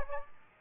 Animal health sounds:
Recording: mosquito wingbeat signal from an infrared sensor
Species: Aedes aegypti

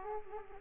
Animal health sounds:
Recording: mosquito wingbeat signal from an infrared sensor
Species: Aedes aegypti

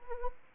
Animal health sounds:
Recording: mosquito wingbeat signal from an infrared sensor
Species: Anopheles arabiensis

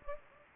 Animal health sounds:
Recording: mosquito wingbeat signal from an infrared sensor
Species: Anopheles gambiae

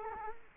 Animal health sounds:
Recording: mosquito wingbeat signal from an infrared sensor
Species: Culex quinquefasciatus

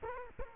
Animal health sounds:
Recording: mosquito wingbeat signal from an infrared sensor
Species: Culex quinquefasciatus

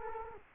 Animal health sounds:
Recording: mosquito wingbeat signal from an infrared sensor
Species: Culex quinquefasciatus

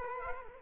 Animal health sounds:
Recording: mosquito wingbeat signal from an infrared sensor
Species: Culex quinquefasciatus

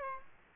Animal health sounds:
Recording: mosquito wingbeat signal from an infrared sensor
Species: Aedes aegypti

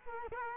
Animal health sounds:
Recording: mosquito wingbeat signal from an infrared sensor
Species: Culex quinquefasciatus

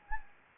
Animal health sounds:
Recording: mosquito wingbeat signal from an infrared sensor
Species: Anopheles gambiae

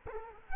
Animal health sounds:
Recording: mosquito wingbeat signal from an infrared sensor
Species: Culex quinquefasciatus

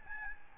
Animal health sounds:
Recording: mosquito wingbeat signal from an infrared sensor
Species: Aedes albopictus

